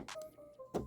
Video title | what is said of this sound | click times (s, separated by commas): Who has the better dinobot? Newage or Magic Square? | There we go. There we go. Everything tabs in, locks into place. Very, very good. | 0.1 s